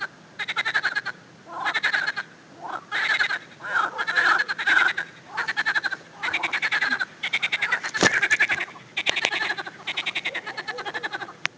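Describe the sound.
Frogs calling: many short bursts of rapid pulsed croaks, separated by brief gaps.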